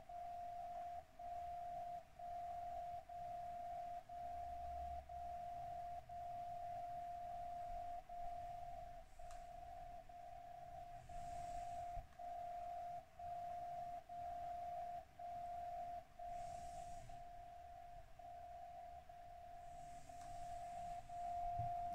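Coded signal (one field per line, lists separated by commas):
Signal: radio time signal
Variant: DCF77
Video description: In this video, I'm receiving the time signal with Software Defined Radio from SDRPlay - RSP1A tuned to 77.5 kHz and a Tecsun MW Ferrite Antenna on the right side. (the annoying sound you hear in the background)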